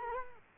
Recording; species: mosquito wingbeat signal from an infrared sensor; Culex quinquefasciatus